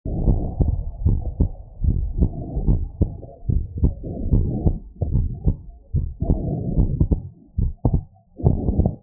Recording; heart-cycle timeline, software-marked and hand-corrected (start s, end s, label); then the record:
heart sounds
0.00	0.20	diastole
0.20	0.34	S1
0.34	0.58	systole
0.58	0.71	S2
0.71	1.03	diastole
1.03	1.18	S1
1.18	1.37	systole
1.37	1.45	S2
1.45	1.81	diastole
1.81	1.95	S1
1.95	2.13	systole
2.13	2.25	S2
2.25	2.65	diastole
2.65	2.76	S1
2.76	2.96	systole
2.96	3.07	S2
3.07	3.50	diastole
3.50	3.61	S1
3.61	3.78	systole
3.78	3.92	S2
3.92	4.30	diastole
4.30	4.46	S1
4.46	4.61	systole
4.61	4.74	S2
4.74	5.15	diastole
5.15	5.25	S1
5.25	5.44	systole
5.44	5.55	S2
5.55	5.91	diastole
5.91	6.04	S1
6.04	6.26	systole
6.26	6.35	S2
6.35	6.78	diastole
6.78	6.90	S1
6.90	7.14	systole
7.14	7.23	S2
7.23	7.57	diastole
7.57	7.70	S1
7.70	7.86	systole
7.86	7.96	S2
7.96	8.43	diastole
8.43	8.55	S1
8.55	8.81	systole
8.81	8.92	S2
8.92	9.03	diastole
From the record:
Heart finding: normal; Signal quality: good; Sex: female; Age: 63 years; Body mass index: 29.3